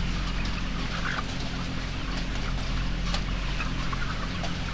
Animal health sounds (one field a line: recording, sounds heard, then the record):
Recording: poultry house recording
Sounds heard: healthy chickens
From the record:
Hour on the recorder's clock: 10